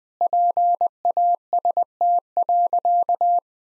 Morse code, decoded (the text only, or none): PAST.